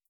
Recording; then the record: hydrophone in a shrimp aquaculture tank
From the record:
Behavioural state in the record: starved